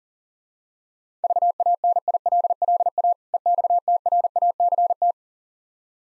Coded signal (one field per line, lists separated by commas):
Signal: Morse code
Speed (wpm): 38 wpm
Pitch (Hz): 700 Hz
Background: none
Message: VANILLA EXTRACT